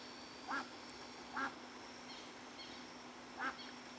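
Muscovy duck giving three brief calls, two close together then one after a pause of about two seconds, over a steady low hum.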